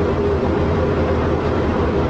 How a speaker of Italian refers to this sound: Che avete sentito il rumore delle fiamme che stanno divorando questa piattaforma dove si sta consumando non soltanto un disastro economico ma anche una tragedia umanitaria.